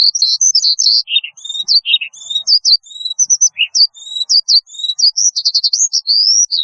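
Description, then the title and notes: Horsfield's bush lark song: a fast, continuous stream of high, varied chirps and short trills with brief lower notes, no other sounds. "Kicau Burung Branjangan"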